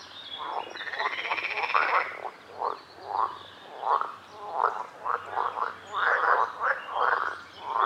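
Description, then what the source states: Frogs croaking in a dense chorus, harsh pulsed croaks following one another quickly, with faint higher chirps behind. Recorded at a lake.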